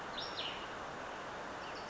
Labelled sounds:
Cassin's Vireo (Vireo cassinii)
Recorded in Sonoma County, California

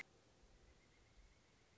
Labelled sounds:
Pileated Woodpecker (Dryocopus pileatus)
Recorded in Sonoma County, California

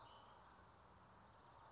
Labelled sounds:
Bewick's Wren (Thryomanes bewickii)
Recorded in Sonoma County, California

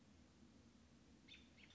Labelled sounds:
American Robin (Turdus migratorius)
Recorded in Sonoma County, California

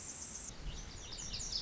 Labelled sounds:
Pacific Wren (Troglodytes pacificus)
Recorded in Sonoma County, California

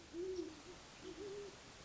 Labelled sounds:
Great Horned Owl (Bubo virginianus)
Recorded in Sonoma County, California

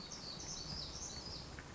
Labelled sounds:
Western Flycatcher (Empidonax difficilis)
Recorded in Sonoma County, California

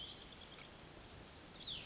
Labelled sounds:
Cassin's Vireo (Vireo cassinii)
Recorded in Sonoma County, California

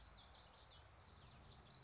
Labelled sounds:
Common Yellowthroat (Geothlypis trichas)
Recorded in Sonoma County, California

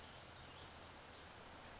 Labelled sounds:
Western Flycatcher (Empidonax difficilis)
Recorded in Sonoma County, California

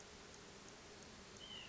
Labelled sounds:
White-breasted Nuthatch (Sitta carolinensis)
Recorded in Sonoma County, California

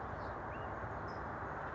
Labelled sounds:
California Towhee (Melozone crissalis)
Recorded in Sonoma County, California

